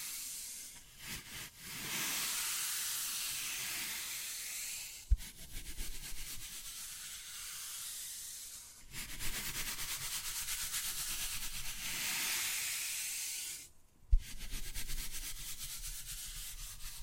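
Wood carving with long, bright, hissing scrapes that alternate with rougher stretches of rapid scratching strokes. Two sharp taps ring out, one at about five seconds and another near fourteen, each followed by more quick, gritty scratching.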